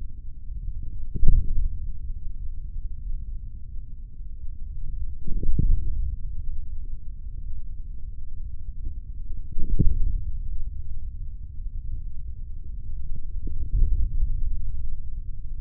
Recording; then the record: forearm muscle sounds (acoustic myography)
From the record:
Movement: hand opening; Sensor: system 3, bracelet of six PUI Audio POM-2738L microphones around the upper forearm, with dedicated amplification and filtering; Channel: 1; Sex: male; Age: 43 years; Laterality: right